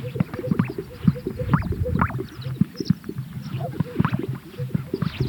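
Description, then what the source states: Greater sage-grouse popping calls: repeated low hollow plops and gulping notes from several birds, layered over a steady rumbling background. At a lek.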